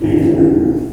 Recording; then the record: squeal of a Yucatan mini pig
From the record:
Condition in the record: before surgery on the right vocal fold (resection and tissue-engineered implant); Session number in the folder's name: 2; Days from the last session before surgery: -15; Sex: female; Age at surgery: 19 weeks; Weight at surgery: 25 kg